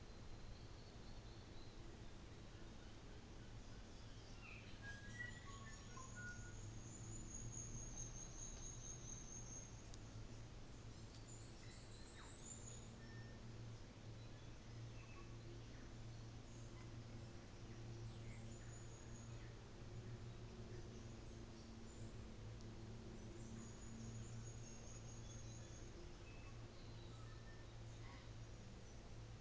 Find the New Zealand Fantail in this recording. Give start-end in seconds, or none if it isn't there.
4.71-9.76, 11.05-13.03, 17.99-19.74, 23.00-26.21